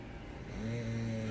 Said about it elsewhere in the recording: We stayed in an Airbnb in a condo. We had a little bit of drinking. Snoring up a storm in the condo.